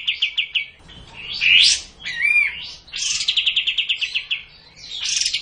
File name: kapas tembak masteran